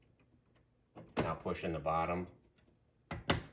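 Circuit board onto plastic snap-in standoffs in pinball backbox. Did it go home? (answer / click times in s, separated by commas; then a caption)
yes / 3.3 s. Someone talks, then two fingers push the bottom edge of a circuit board onto plastic snap-in standoffs in a pinball backbox while installing a Labyrinth Pinball Goblin Topper. A soft tap is followed by a sharp snap at 3.3 s as the standoffs click into place, leaving the board seated and firm.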